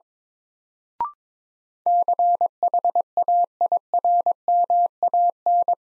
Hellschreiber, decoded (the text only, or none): none